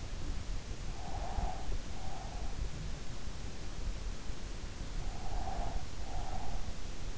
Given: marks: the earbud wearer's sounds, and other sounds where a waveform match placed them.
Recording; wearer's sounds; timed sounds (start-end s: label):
sounds in sleep by an in-ear microphone; breath
0.86-2.80 s: breath
4.91-6.81 s: breath